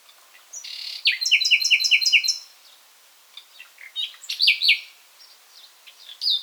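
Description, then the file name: Common nightingale song: a rapid run of repeated sharp whistled notes, a pause, then more varied trilled and chirping phrases. "Luscinia megarhynchos"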